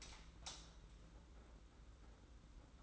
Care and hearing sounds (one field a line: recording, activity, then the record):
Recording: daily activity, microphone in the room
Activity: light on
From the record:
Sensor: 3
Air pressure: 991.9 hPa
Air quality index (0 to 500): 225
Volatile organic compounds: 1000 ppm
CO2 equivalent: 7712 ppm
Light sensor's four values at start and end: 16/38/15/14 and 16/38/15/14